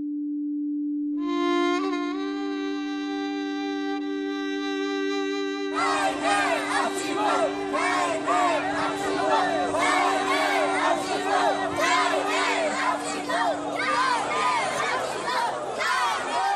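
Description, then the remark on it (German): A steady, buzzing horn-like tone holds alone for several seconds, then a loud crowd of young demonstrators at a protest march breaks in, chanting and shouting together "Afghanistan ist gefährlich" (Afghanistan is dangerous) while the tone lingers beneath. “Jugendliche skandieren, Afghanistan ist gefährlich.”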